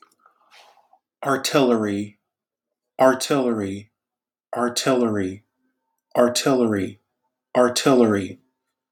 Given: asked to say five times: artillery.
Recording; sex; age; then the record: repeated word; male; 30 to 39 years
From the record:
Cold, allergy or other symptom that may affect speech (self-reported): no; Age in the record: 30 years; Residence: Georgia, United States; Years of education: 14